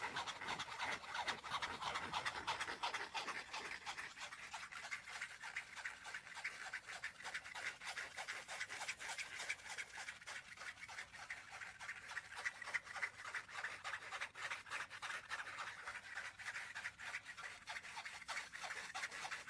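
Tapping and scratching go on without a break for the whole stretch, a dense run of quick, irregular strokes with a rasping, filing quality. The sound sits mostly in the middle and upper range, bright and dry, with little low end and no pauses.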